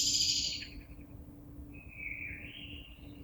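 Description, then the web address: Common blackbird: a sharp high burst at the start, then a short, soft warbled phrase over a constant hiss. Recorded 26 April 2022. "oiseaux Merle 2022 04 26"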